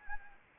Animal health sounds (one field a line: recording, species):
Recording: mosquito wingbeat signal from an infrared sensor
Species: Anopheles arabiensis